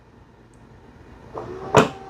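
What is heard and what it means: A robot vacuum turns briefly at its base station, then its mop pads release from the mop mount. The pads drop off with a sharp clunk at 1.4 s, followed by a louder thud near 1.8 s. The mop pads are left detached at the station.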